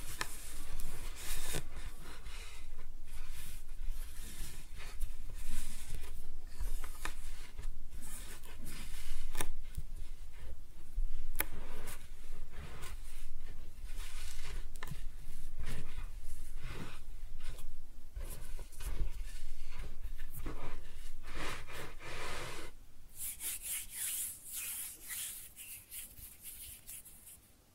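Kinetic sand is cut and scooped in a continuous stream of soft, gritty rubbing and scraping, with frequent short crunchy strokes every second or so. The texture stays dense and bright throughout, with a low rumble underneath, easing and growing quieter over the last few seconds.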